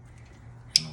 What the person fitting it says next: Oh, look, it clicked right in.